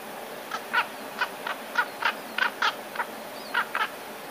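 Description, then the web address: Eurasian jay giving a series of short harsh notes, some paired, over steady background hiss. Alarm call, 13 February 2019. "wroblowe ostrzegator sojka"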